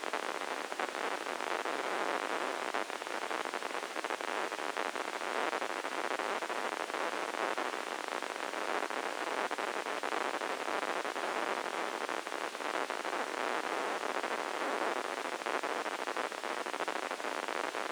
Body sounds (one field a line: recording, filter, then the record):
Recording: brain microelectrode recording played as sound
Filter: spike band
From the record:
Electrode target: subthalamic nucleus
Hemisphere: left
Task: reaching with the right hand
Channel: 1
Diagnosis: Parkinson's disease